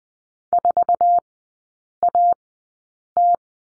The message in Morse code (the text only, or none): 4AT